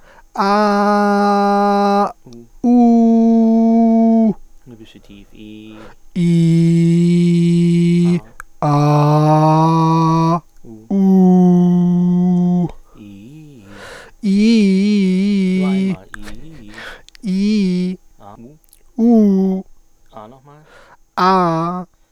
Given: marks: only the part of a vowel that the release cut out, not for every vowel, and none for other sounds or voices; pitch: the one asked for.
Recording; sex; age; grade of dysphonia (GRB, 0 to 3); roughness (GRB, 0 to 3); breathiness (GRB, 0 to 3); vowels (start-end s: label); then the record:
sustained vowels; male; 20 to 29 years; 2; 2; 2
0.58-1.94 s: vowel /a/, high pitch
2.94-4.19 s: vowel /u/, high pitch
6.32-8.05 s: vowel /i/, low pitch
8.78-10.27 s: vowel /a/, low pitch
11.05-12.47 s: vowel /u/, low pitch
17.31-17.86 s: vowel /i/, low-high-low pitch
19.02-19.53 s: vowel /u/, low-high-low pitch
21.21-21.73 s: vowel /a/, low-high-low pitch
From the record:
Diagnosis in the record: phonasthenia (vocal fatigue); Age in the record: 27 years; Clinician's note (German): Mit hypotoner Komponente